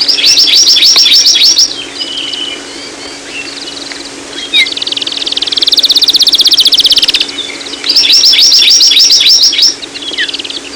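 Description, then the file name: Hawaii amakihi song, fast high buzzy trills repeated in bursts, with a long even rattling trill in the middle and other chirps around. "Amakihi"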